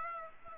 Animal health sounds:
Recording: mosquito wingbeat signal from an infrared sensor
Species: Aedes aegypti

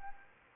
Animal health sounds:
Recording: mosquito wingbeat signal from an infrared sensor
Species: Anopheles arabiensis

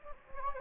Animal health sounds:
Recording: mosquito wingbeat signal from an infrared sensor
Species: Anopheles gambiae

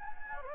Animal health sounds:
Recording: mosquito wingbeat signal from an infrared sensor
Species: Anopheles gambiae

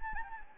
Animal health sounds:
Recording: mosquito wingbeat signal from an infrared sensor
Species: Anopheles gambiae

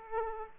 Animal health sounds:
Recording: mosquito wingbeat signal from an infrared sensor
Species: Aedes aegypti

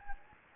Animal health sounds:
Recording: mosquito wingbeat signal from an infrared sensor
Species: Anopheles gambiae

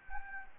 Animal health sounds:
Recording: mosquito wingbeat signal from an infrared sensor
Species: Anopheles gambiae

